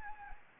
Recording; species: mosquito wingbeat signal from an infrared sensor; Anopheles gambiae